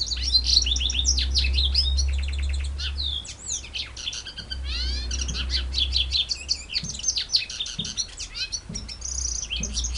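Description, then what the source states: White-eye song of rapid high chirps, descending whistled sweeps and rattling trills, with a low droning hum behind. Song in the ngerol ngalas style.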